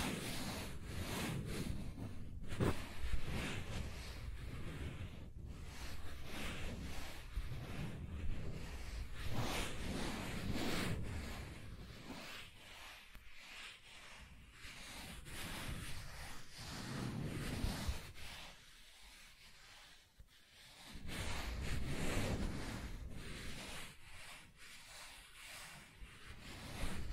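Soft tracing across smooth and rough surfaces, a continuous rubbing and scratching with frequent short strokes. The texture is dense and busy for the first twelve seconds, then thins into quieter, slower passes around fifteen to twenty seconds before growing fuller again.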